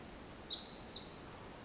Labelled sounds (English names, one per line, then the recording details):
Pacific Wren
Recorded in Sonoma County, California